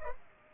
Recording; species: mosquito wingbeat signal from an infrared sensor; Culex pipiens